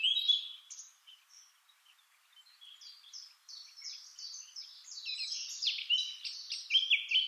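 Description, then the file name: Eurasian blackcap song: brief high notes, then a quiet pause, building into a hurried, jumbled high warble that grows louder toward the close. "Sylvia atricapilla"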